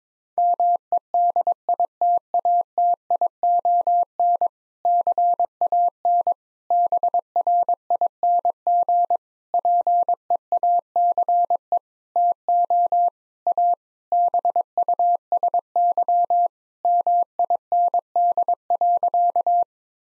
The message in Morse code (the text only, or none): MEDITATION CAN BRING PEACE TO A BUSY MIND.